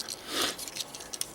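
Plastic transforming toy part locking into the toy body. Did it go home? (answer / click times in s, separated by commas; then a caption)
no / none. A plastic Transformers Generations Deluxe Orion Pax transforming robot toy is handled as its arms are rotated forward before a part is locked into the toy body. Short crisp ticks and rustling handling noises are heard, with the sharpest tick near the end. Nothing has seated or clicked into place yet.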